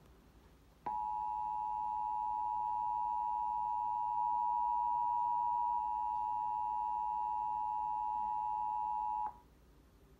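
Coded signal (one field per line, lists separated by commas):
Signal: Emergency Alert System (SAME) tones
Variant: 853 and 960 Hz attention tone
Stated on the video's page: Fictional EAS scenario using valid EAS tones.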